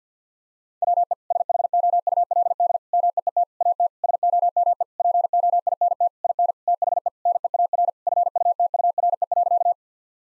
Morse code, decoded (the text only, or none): WE SHOULD MEET AT SOME POINT IN THE NEAR FUTURE.